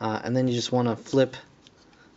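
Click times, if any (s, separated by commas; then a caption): 1.7 s. Someone talks while flipping the robot head up on a plastic Transformers Age of Extinction Deluxe Dinobot Snarl dinosaur/robot transforming action figure. At 1.7 s the head seats into the torso with a brief, quiet soft snap, locking into place.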